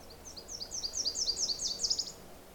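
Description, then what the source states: Nashville warbler song: a high, thin series of quick repeated sip notes accelerating into a faster twittering ending, over soft background hiss. Two-parted song, rendered sip, sip, sip, sip, sit it, it; very common in the area.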